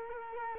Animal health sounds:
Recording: mosquito wingbeat signal from an infrared sensor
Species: Culex quinquefasciatus

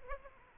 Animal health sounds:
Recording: mosquito wingbeat signal from an infrared sensor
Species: Aedes albopictus

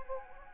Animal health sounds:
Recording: mosquito wingbeat signal from an infrared sensor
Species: Anopheles gambiae

